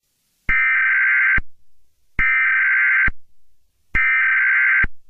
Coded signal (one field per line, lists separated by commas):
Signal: Emergency Alert System (SAME) tones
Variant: header bursts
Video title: (EAS mock) The EAN incident of January 9th, 2015 [NON CANON]